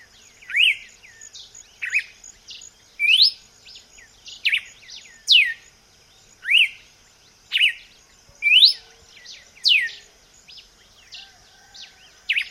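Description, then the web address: Red-cowled cardinal giving a steady series of bright slurred whistles, about one per second, with a constant insect drone. "vocs paroaria dominicana"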